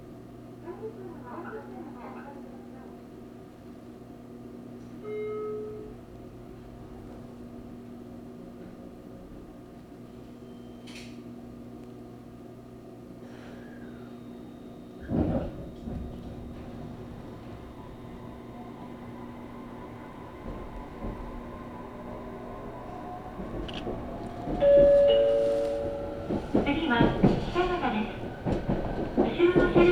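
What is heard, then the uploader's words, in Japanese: A train on the Sasebo Line runs from Arita toward Kitakata, its steady low hum and motor whine holding through the first half, with a short tone near five seconds and a thump at fifteen. From about twenty-four seconds on, rattling and shrill wheel squeals grow louder. 音の旅 佐世保線 有田→北方。普通列車鳥栖行きに乗車します。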